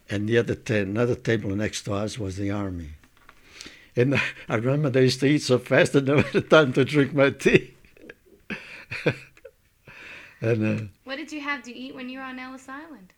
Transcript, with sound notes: and the other table, another table next to us was the army. And I, I remember they used to eat so fast that I wouldn't have time to drink my tea. (laughs) And then...
What did you have to eat when you were on Ellis Island?